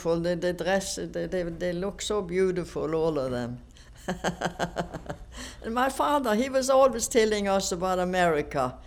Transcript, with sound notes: The, the dress, they look so beautiful, all of them. (she laughs) And my father, he was always telling us about America.